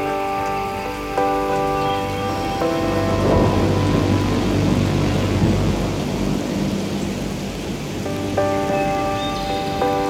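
Rain falls steadily in woodland, a dense, even hiss with a low rumble underneath that swells in the middle of the clip. Sharp drips and taps ring out near the start and again after eight seconds, bright against the wash of rain.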